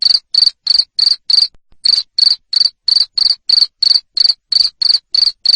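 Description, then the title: Cricket chirps, shrill and pulsed, repeating at about three per second with one short break near the start. Loud cricket chirping used to stimulate lovebirds to sing continuously. "Suara JANGKRIK NGERIK Keras Bikin LOVEBIRD Jadi NGEKEK Terus Vubey"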